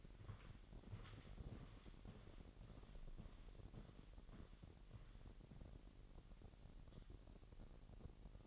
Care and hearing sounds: daily activity, microphone in the room; walk to room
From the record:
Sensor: 4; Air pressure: 1013.0 hPa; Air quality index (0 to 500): 246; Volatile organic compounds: 4 ppm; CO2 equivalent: 1639 ppm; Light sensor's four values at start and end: 30/70/29/30 and 37/87/36/36

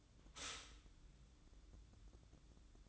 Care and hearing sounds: daily activity, microphone in the room; stop toaster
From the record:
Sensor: 3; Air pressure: 1007.1 hPa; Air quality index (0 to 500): 55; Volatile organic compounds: 1 ppm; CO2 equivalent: 594 ppm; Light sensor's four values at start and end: 7/17/7/7 and 7/17/7/7

